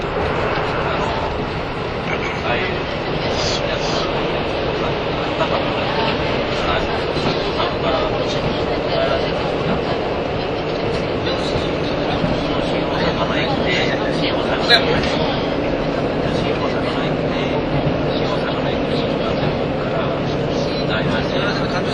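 A train ride between Nagoya and Toyama, heard as a steady, dense rumble that holds an even level throughout. Murmuring voices run underneath the low drone, with faint rhythmic rattles and a brief sharp click near the fifteen-second mark.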